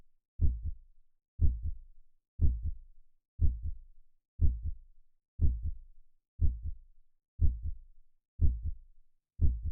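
Steady, paired low thumps of an adult heartbeat repeat evenly at about 60 beats a minute, each a firm lub followed closely by a softer dub. An ordinary heartbeat at a normal resting rate, with no extra sounds between beats.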